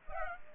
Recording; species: mosquito wingbeat signal from an infrared sensor; Culex pipiens